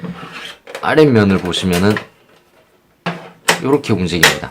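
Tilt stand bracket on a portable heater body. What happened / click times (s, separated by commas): Handled, not yet home: the stand is moved but no clear seating click / none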